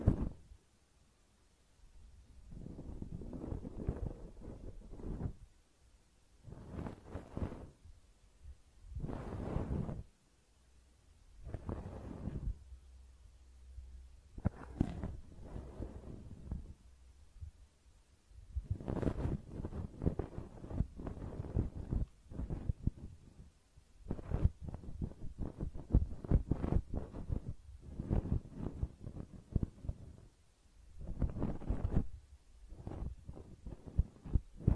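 Close-up ear cleaning: rough, muffled rubbing and scraping bursts come and go every second or two, dense and low with a dull rumble underneath. Short quiet gaps separate the strokes, which grow busier and more continuous in the second half.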